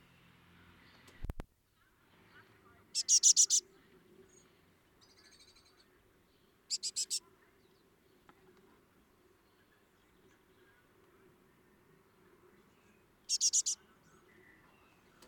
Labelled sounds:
Great Tit (Parus major) call
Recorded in the wild
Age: juvenile
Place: Kaiserslautern, Rheinland-Pfalz, DE
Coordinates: 49.4372, 7.80972
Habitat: garden
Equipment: Nagra IV, Sennheiser MKH 405, Parabolreflektor
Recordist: Tretzel, Erwin

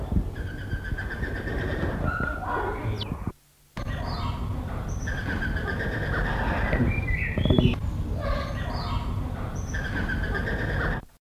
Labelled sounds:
Ringed Teal (Callonetta leucophrys)
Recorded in captivity
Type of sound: flight sound
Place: Wilhelma Stuttgart, Baden-Württemberg, DE
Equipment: Halbspur, 9,5 cm/s
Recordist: Lütgens, Hans
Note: Fluglaut

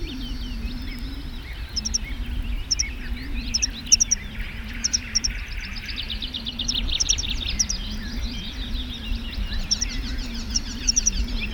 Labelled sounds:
Tree Pipit (Anthus trivialis) call
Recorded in the wild
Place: Zudar, Insel Rügen, Mecklenburg-Vorpommern, DE
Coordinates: 54.26, 13.35
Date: 1970-05-30
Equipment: Nagra III BH, Sennheiser MD 21, parabola
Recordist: Schubert, Michael
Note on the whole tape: Warnen v. Baumpieper

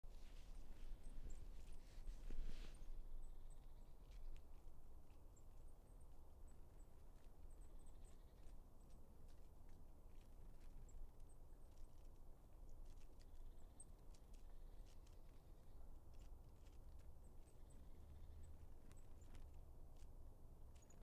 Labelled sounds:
Goldcrest (Regulus regulus) call
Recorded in the wild
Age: adult
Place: Schönow, Naturpark Barnim, Brandenburg, DE
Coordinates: 52.6997, 13.5075
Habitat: pine forest
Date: 2006-12-10 14:32
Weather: no clouds, ca. 8°C, weak winds
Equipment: Sound Devices 702, Sennheiser MKH 70, Popschutz
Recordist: Frommolt, Karl-Heinz

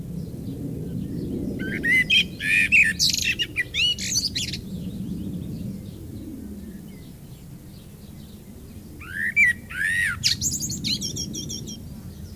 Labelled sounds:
Common Blackbird (Turdus merula) song
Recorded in the wild
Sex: male
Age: adult
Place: Lübars (Fließtal), Berlin, DE
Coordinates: 52.6167, 13.35
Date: 2000-05-14 18:14
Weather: fair, ca. 23°C
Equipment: Nagra SN, Kopie Uher 4000 Report Monitor
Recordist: Tembrock, Günter
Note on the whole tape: Gesang

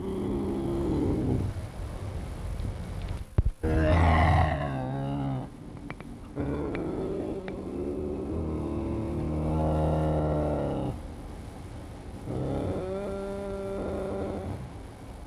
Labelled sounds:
Eurasian Lynx (Lynx lynx) growling
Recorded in captivity
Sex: pair
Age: adult
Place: Tierpark Berlin, Berlin, DE
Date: 1963-02-23 18:30
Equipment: Minifon, Kopie Smaragd
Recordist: Tembrock, Günter

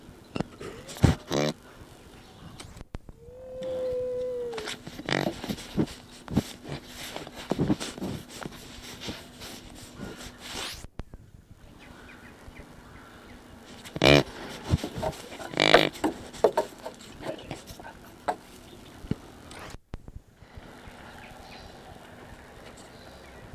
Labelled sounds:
Mule Deer (Odocoileus hemionus) call
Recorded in captivity
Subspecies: hemionus
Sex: male
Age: adult
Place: Tierpark Berlin, Berlin, DE
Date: 1967-11-19
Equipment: Uher 4000 Report-S, Transistorverstärker II, Sennheiser MD 421
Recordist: Tembrock, Günter
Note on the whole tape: Felsengebirgs-Maultierhirsch: Laute gegen Beobachter. Abstand: 0,5 m. Aufnahmezeit: 9.30-13.00 Uhr

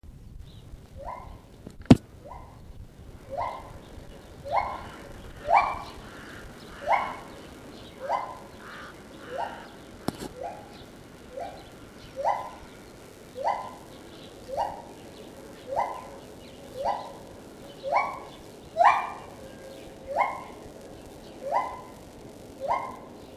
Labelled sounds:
Lar Gibbon (Hylobates lar) call
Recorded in captivity
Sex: pair
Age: adult
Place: Tierpark Berlin, Berlin, DE
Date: 1968-01-20
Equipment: Uher 4000 Report-S, Transistorverstärker II, Sennheiser MD 421
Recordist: Tembrock, Günter
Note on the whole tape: Dunkles Weibchen: Rufreihe (im Haus), dann Männchen: Ruffolgen (draußen, in der Ecke des Kasten). Abstand: 5 m Aufnahmezeit: 9.30-13:30 Uhr

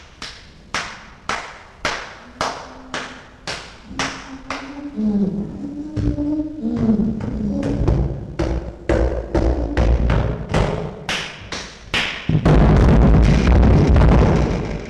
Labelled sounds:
Chimpanzee (Pan troglodytes)
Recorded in captivity
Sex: diverse
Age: adult
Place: Tierpark Berlin, Berlin, DE
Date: 1965-09-03
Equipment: Grundig TK 1 Luxus, Transistorverstärker 1
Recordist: Altmann, Dagmar
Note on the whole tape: Susi und Pako: Händeklatschen, u-Laute

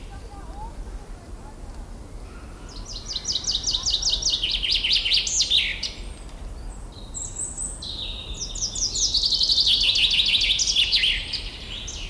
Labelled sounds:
Common Chaffinch (Fringilla coelebs)
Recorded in the wild
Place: Mühlenbeck, Brandenburg, DE
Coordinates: 52.67, 13.38
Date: 1996-04-28 15:54
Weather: heiter-wolkig, 17°C
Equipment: Sony MD-WM MZ-R3, Sennheiser MKH 416 T, Kopie Uher 4000 Report Monitor
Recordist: Tembrock, Günter

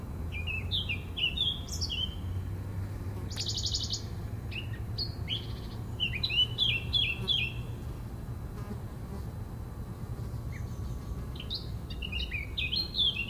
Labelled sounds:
Western Bonelli's Warbler (Phylloscopus bonelli)
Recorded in the wild
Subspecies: bonelli
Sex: male
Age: adult
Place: am Erdbeerberg bei Eningen unter Achalm, Schwäbische Alb, Baden-Württemberg, DE
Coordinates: 48.4833, 9.26667
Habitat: forested mountain side
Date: 1969-07-17
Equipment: Nagra III PH, MD 211, PES 26
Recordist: Schneider, Hans-Joachim

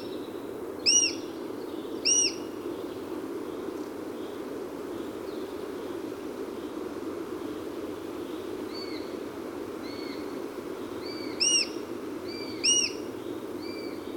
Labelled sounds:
Eurasian Sparrowhawk (Accipiter nisus) call
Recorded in the wild
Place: Leszno, Großpolen, PL
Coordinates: 51.842, 16.594
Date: 1987-07-20
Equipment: Nagra III BH, Sennheiser MD 21, parabola
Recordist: Schubert, Michael

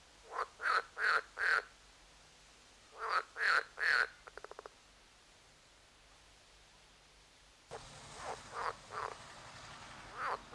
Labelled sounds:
Edible Frog (Pelophylax esculentus)
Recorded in the wild
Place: Lübars, Benekendorffstraße, Berlin, DE
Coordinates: 52.6167, 13.3469
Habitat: Gartenteich
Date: 2004-05-31 13:18
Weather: sonnig, 23°C
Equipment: Sony WM-D6C, Sennheiser ME 80, Kopie Uher 4000 Report Monitor
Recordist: Tembrock, Günter

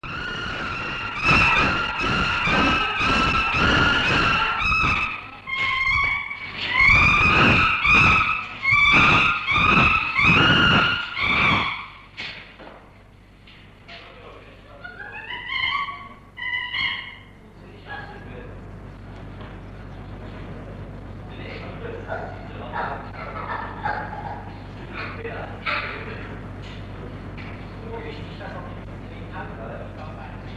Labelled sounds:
Chimpanzee (Pan troglodytes)
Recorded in captivity
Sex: female
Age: adult
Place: Tierpark Berlin, Berlin, DE
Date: 1964-03-06
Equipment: Englisches Reportergerät, Kopie Smaragd
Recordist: Altmann, Dagmar

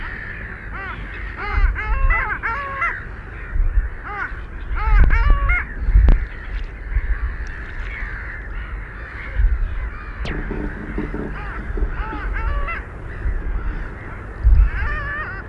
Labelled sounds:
Long-tailed Duck (Clangula hyemalis) call
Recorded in the wild
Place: Palmer Ort, Zudar, Insel Rügen, Mecklenburg-Vorpommern, DE
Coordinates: 54.269, 13.373
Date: 1971-03-21
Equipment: Nagra III BH, Sennheiser MD 21, parabola
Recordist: Schubert, Michael

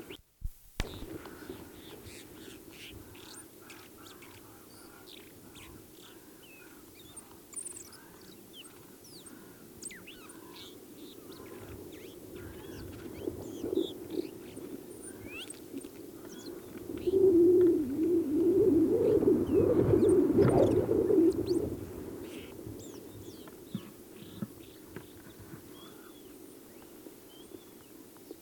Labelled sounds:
Isabelline Wheatear (Oenanthe isabellina) song
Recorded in the wild
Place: Wüste Gobi, MN
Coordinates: 42.795, 105.032
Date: 1979-06-03 11:30
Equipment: Nagra III BH, Sennheiser MD 21, parabola
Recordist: Schubert, Michael

